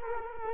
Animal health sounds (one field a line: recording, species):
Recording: mosquito wingbeat signal from an infrared sensor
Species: Culex quinquefasciatus